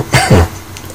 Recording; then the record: coughing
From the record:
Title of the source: Dry Coughing Fit in the Afternoon.